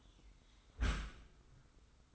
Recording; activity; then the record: daily activity, microphone in the room; close dishwasher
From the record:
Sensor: 3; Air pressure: 990.3 hPa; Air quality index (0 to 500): 191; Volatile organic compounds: 1000 ppm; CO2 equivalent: 6232 ppm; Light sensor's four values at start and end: 33/78/32/30 and 33/78/32/30